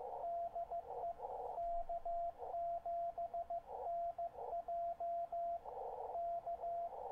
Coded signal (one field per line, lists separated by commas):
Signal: Morse code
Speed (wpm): 15 wpm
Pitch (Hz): 690 Hz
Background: radio noise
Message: DE K7NJ K